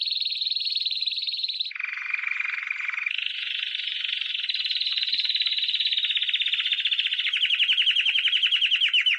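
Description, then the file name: Canary trilling continuously: a high fast roll, a lower buzzy trill, then a long even rattle ending in slower repeated slurred notes. "Canary Voice"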